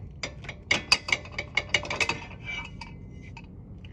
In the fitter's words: pressure, I know I heard those two clicking noises. So I hit my 80 foot-pound.